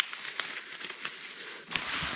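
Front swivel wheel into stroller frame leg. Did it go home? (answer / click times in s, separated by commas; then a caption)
yes / 1.8 s. A front swivel wheel is pushed onto the wheel mount of a stroller frame leg, with light crinkling and scattered small taps as it is handled. A sharp click at 1.8 s marks the wheel seating into place, followed by a brief rustle.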